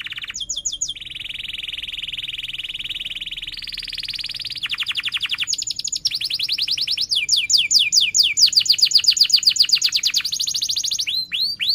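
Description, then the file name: Canary song of long buzzy rolls and rapid trills shifting in pitch, ending in a run of sweeping repeated chirps and descending notes. Singing canary in full song, described as chirping and rolling sharply. "Suara Kenari Gacor Cuit Cuit Ngerol Tajam"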